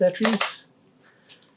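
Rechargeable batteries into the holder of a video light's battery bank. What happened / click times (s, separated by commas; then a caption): Batteries handled near the holder, not yet seated / none. Rechargeable batteries are handled near the holder of a video light's battery bank, with someone talking at the start, then quiet handling sounds and a faint tap near 1.4 seconds. Nothing has seated or clicked into the holder yet.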